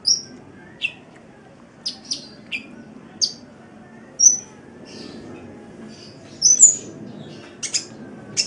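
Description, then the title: Oriental magpie-robin singing varied short notes, clear whistles mixed with sharp, scratchy notes, spaced irregularly, over low constant background noise. "Kicau Kacer"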